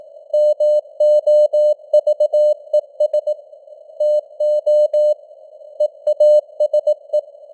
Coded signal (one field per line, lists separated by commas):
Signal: Morse code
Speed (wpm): 19 wpm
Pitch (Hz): 600 Hz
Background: none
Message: MOVES TO EASE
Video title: Morse Code News | 2025-11-17 | 18wpm